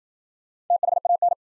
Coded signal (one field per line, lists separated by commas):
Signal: Morse code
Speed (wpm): 53 wpm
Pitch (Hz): 700 Hz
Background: none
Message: THAN